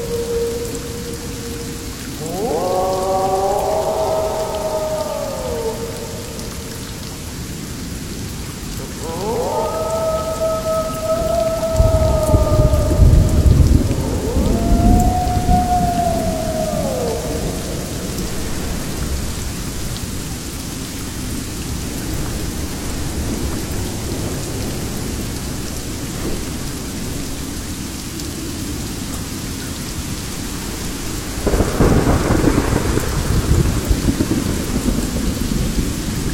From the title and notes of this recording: Thunder and rain in the wild jungle, wolf howling from time to time.